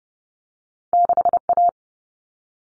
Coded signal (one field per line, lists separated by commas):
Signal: Morse code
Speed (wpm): 30 wpm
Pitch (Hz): 700 Hz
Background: none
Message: 6A